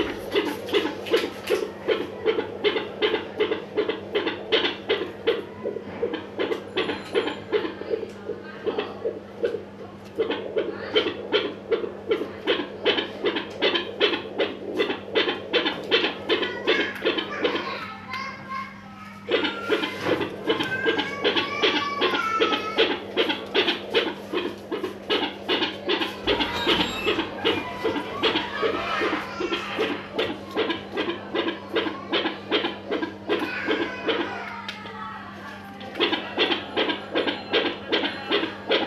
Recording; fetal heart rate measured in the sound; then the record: fetal heartbeat by stethoscope microphone, probably a fetal Doppler's sound; 157 bpm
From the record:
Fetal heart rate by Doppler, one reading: 156 bpm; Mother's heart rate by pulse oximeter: 72 bpm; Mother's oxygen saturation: 100%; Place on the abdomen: left of abdomen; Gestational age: 38+ weeks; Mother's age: 22 years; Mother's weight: 47 kg